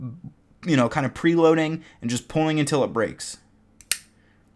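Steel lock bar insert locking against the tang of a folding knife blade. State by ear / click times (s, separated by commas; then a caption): seated / 3.9 s. Someone talks while a folding knife blade is flicked open by pre-loading it until the detent breaks. A faint tick at 3.8 s comes just before a sharp, clean clack at 3.9 s as the steel lock bar insert snaps onto the tang of the blade, locking it open.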